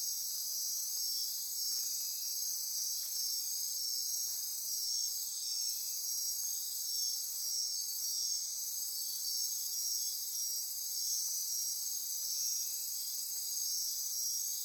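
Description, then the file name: Insect chorus of steady high shrill trills, with a few brief lower clicks and soft buzzes scattered through the background. Insect chorus recorded at midnight near Corcovado. "Wind-is-the-Original-Radio-Fridays 20240628 Andy-Martin Midnight-Insect-Chorus-Near-Corcovado"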